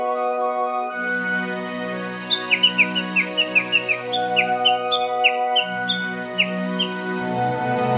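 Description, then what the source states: Japanese bush warbler giving a rapid run of many sharp, downward-slurred notes in quick succession, over a steady low humming background. Recorded at Daigenji Plateau, Niigata Prefecture, Japan.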